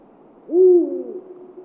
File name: Uhu Ruf Voegel in Europa